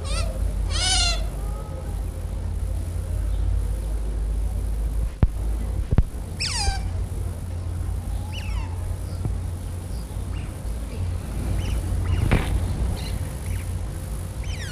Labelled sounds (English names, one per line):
European Otter call